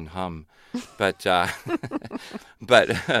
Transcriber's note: soundbite of laughter